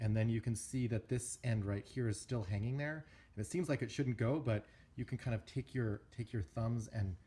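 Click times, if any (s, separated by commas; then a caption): none. A stainless steel watch case sits laid flat in the crevice of a plastic plating holder, with one loose end still hanging out before it is pushed over with the thumbs. Someone talks throughout, and nothing has seated or clicked yet.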